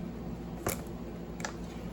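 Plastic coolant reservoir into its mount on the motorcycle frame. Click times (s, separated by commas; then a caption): 1.4 s. A plastic coolant reservoir on a Harley-Davidson V-Rod motorcycle is wiggled into its mount on the frame, with a faint handling tick at 0.7 s over a steady low hum. It pops into place with a sharp double click at 1.4 s and 1.5 s, seating firmly.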